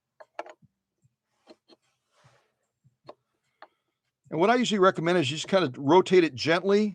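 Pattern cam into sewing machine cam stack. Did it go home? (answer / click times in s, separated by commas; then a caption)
no / none. Pattern cam D is handled and lined up for insertion into the cam stack of a Ruby Red Viking Husqvarna 6460 sewing machine, before it is rotated and pushed home. Only faint, light handling ticks are heard, around 0.4, 0.5, 3.1 and 3.6 seconds, and then someone talks from about 4.3 seconds on. The cam has not seated or clicked into place yet.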